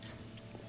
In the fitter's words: these little coils only want to go in one way into the bracket and you can just turn them a little bit until they click into position